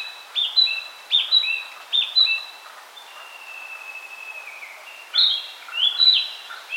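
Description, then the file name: Narcissus flycatcher giving repeated whistled phrases, broken by a long, steady, thin whistle held for about two seconds, then more phrases. "Ficedula narcissina"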